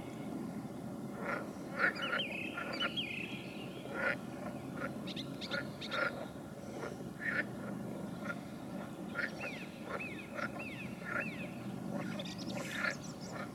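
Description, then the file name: Many frogs croaking together, brief rasping notes tumbling over one another, with faint rising whistles mixed in. "Nature Recordings - Frogs"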